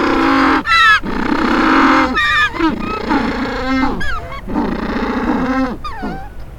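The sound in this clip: Penguin calls, loud braying honks with harsh harmonic bursts and sharp rising and falling squeals between them, almost continuous throughout.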